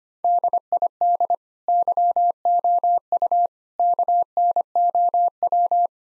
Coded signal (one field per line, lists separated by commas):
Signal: Morse code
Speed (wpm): 25 wpm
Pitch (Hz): 700 Hz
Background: none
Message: DID YOU KNOW